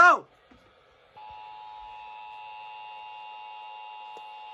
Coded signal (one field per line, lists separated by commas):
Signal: Emergency Alert System (SAME) tones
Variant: 853 and 960 Hz attention tone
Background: speech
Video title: EAS 2627-2631: Pennsylvania Required Monthly Test for September